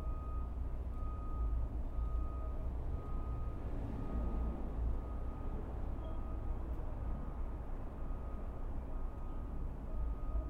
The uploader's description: several birds, the neighbor’s dog, the ever-present sounds of trains, planes and/or automobiles, beeping (why is there so much beeping), a light wind